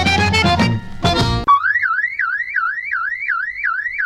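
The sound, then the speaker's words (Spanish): A loud electronic alarm warbles steadily, its high tone rising and falling in quick repeating cycles, preceded by a brief burst of dense, blaring harmonic noise. “No es la alarma de la casa, ni del auto. No es la alarma del negocio, ni del banco.”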